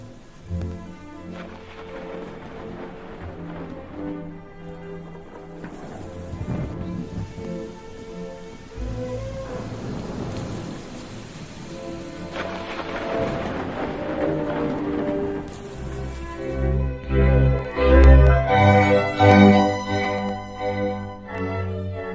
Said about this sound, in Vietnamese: Bóng của lão già thất thểu đi khuất, cho đến khi cơn mưa bắt đầu đổ xuống.